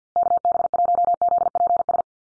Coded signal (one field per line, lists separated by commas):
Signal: Morse code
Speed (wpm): 50 wpm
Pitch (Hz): 700 Hz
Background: none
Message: KB1ZPS